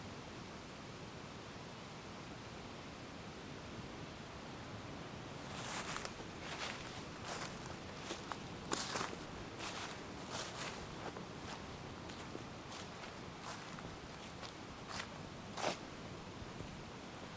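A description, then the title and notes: Strong wind roars steadily through the park, and from about six seconds on, bright bursts of shaking leaves rattle in irregular gusts. An early morning walk through Wolf's Prairie Park during high winds. The sounds of the leaves shaking intensely. The rhythmic steps of your host.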